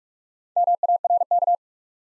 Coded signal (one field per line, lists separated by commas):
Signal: Morse code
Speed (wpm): 43 wpm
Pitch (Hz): 700 Hz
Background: none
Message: MARK